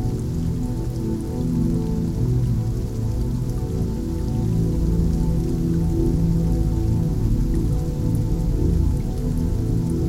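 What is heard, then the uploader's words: Calm water sounds with music, heavy in the low and middle range, where sustained tones shift slowly and blend together. A soft, steady patter like rain sits lightly across the higher range. The level stays even for the whole stretch, with no sharp events. Relaxing Sleep Music and Calm Water Sounds.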